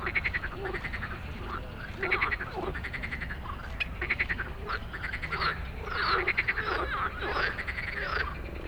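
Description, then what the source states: Frogs giving quacking, rattling croaks in uneven bursts, some notes bending up and down, over a quieter background chorus. Dense evening frog chorus after dark in Stromovka Park, Prague, many frogs calling; 18 May 2022 from 22:08, recorded with a Sony PCM-D100.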